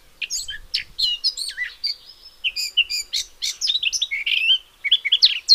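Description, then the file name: Eurasian blackcap warbling, with fluid swooping whistles and one drawn-out note near the middle, then dense jumbled phrases to the end. "Sylvia atricapilla"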